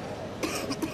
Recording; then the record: coughing mixed with background sound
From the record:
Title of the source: 31 night wet cough